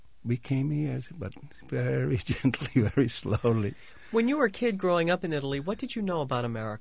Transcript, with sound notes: we came here, but very gently, very slowly. (he laughs)
When you were a kid growing up in Italy what did you know about America?